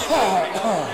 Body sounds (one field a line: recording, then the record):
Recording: coughing mixed with background sound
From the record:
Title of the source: Spring Allergy Coughing